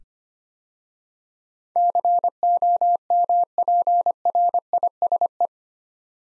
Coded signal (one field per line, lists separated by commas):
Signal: Morse code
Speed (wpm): 25 wpm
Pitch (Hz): 700 Hz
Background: none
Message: COMPRISE